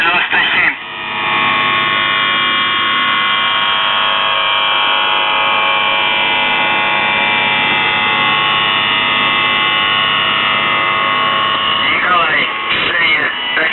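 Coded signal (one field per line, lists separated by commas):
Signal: channel marker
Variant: UVB-76 (The Buzzer)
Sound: a long continuous harsh buzz rich in harmonics, with brief rougher sounds at start and end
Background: radio static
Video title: The Buzzer/UVB-76(4625Khz) April 13th, 2023 Voice messages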